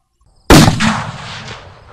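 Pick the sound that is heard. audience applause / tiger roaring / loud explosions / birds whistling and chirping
loud explosions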